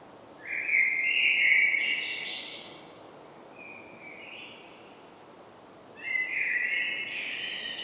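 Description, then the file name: Common blackbird singing fluty warbled phrases that trail into high squeaky notes, with a softer short phrase between two louder ones. "Turdus merula"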